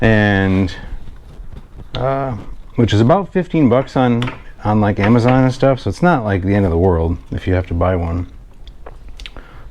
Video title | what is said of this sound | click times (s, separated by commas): Club Car DS LiFePO4 Battery Conversion - On A Budget | It's not all the way in. | 9.2 s, 9.3 s